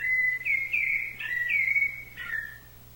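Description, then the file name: Thrush song: a string of clear, slurred whistled notes, some rising and some falling, over a faint steady low hum. "SABIA"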